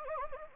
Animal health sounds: mosquito wingbeat signal from an infrared sensor; Anopheles gambiae

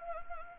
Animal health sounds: mosquito wingbeat signal from an infrared sensor; Anopheles arabiensis

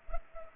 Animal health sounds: mosquito wingbeat signal from an infrared sensor; Culex pipiens

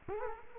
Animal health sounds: mosquito wingbeat signal from an infrared sensor; Culex quinquefasciatus

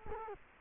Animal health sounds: mosquito wingbeat signal from an infrared sensor; Culex quinquefasciatus

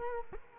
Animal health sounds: mosquito wingbeat signal from an infrared sensor; Culex quinquefasciatus

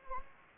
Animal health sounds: mosquito wingbeat signal from an infrared sensor; Anopheles gambiae

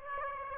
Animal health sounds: mosquito wingbeat signal from an infrared sensor; Aedes aegypti

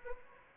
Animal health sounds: mosquito wingbeat signal from an infrared sensor; Anopheles arabiensis

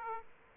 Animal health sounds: mosquito wingbeat signal from an infrared sensor; Aedes aegypti

